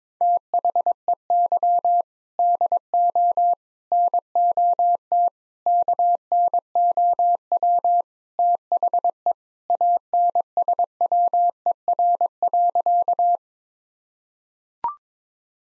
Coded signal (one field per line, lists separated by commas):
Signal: Morse code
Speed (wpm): 22 wpm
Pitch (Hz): 700 Hz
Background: none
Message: THEY DO NOT KNOW THE ANSWER.